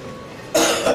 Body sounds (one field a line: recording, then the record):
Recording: coughing mixed with background sound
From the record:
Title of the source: Cough Around the Clock!